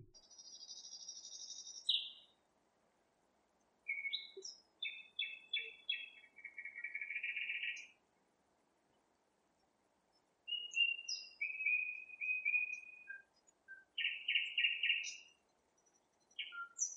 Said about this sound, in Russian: И что-то блаженное было в тишине ночи после дождя и старательном выщелкивании соловьев.